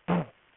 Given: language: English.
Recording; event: throat vibration sensor signal played as sound; throat clearing